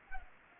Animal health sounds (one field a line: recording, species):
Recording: mosquito wingbeat signal from an infrared sensor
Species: Culex pipiens